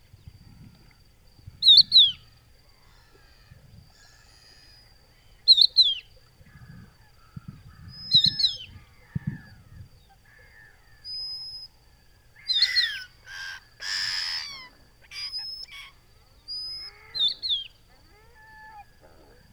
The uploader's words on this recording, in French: Etang du Vaccares - Camargue. Nagra seven - Telinga pro7. Une bonne heure après le lever du jour, un oiseau cri invisible camouflé dans la sansouire de Camargue. Il est facile à reconnaitre par son appel sifflet et plaintif. Il s'agit d'un adulte de Cochevis huppé (Galerida cristata) qui appel ses congénères.